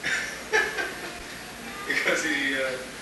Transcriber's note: laughs